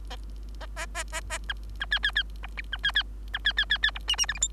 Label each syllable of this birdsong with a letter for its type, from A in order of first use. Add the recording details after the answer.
A A A A B B C C C D B B C C B C C C C D E E F G H. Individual Bird3